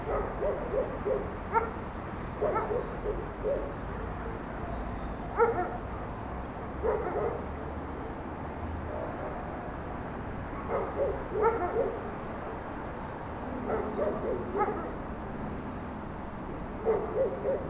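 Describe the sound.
A dog barks in short bursts, in clusters of two or three about every one to three seconds. A steady low rumble runs underneath throughout, and a brief low droning tone appears around the fourteen-second mark.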